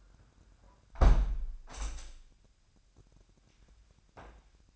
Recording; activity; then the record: daily activity, microphone in the room; close window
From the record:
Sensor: 2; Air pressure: 998.0 hPa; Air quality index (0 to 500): 146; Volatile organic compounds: 4 ppm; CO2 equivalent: 1648 ppm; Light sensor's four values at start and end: 10/29/12/11 and 10/29/12/11